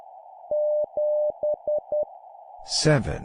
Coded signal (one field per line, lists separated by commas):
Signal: Morse code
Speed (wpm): 10 wpm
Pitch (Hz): 600 Hz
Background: speech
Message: 7E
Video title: 10wpm Repeat three times Random Number plus human voice, improve morse code copy speed